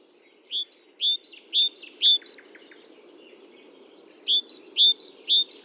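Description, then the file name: Great tit giving quick, repeated two-syllable whistled phrases, followed by a few short lower notes, then a pause and a second brief run, with a faint low hum behind. "Parus major"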